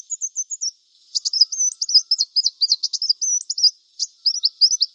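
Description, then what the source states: Brown-throated Sunbird song: very high, rapid runs of thin, sharply rising and falling notes in a continuous twittering stream, with a short pause near one second. Vigorously singing bird (described as 'gacor'), called 'kolibri kelapa'.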